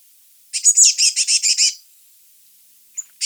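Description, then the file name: Eurasian blue tit gives one harsh chattering churr of about eight quick buzzy notes, followed after a pause by two brief high ticks. "Cyanistes caeruleus"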